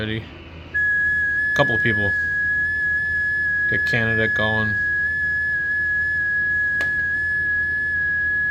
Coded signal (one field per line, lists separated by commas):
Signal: FT8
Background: speech